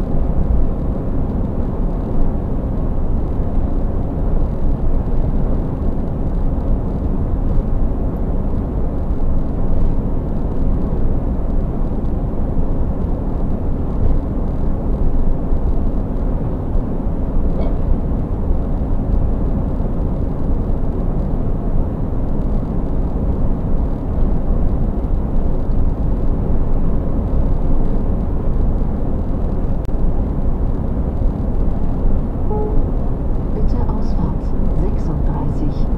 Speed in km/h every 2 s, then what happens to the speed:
98, 98, 98, 98, 98, 98, 98, 98, 98, 98, 98, 98, 98, 98, 98, 98, 98, 98.
0-36 steady at about 98.